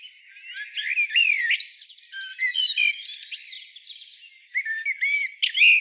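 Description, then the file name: Common blackbird song, quick warbled and slurred phrases with sharp twittering notes, several short bursts rising and falling in pitch over six seconds. "Turdus merula"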